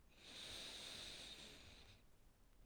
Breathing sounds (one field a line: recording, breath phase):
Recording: one breath near a microphone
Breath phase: inhalation